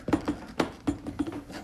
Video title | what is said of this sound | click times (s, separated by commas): Ninja BN801 Review: Come Explore This Multi Piece Set Before You Buy It | but then with a little pressure locks into place and so this one gives you the Smoothie | 0.6 s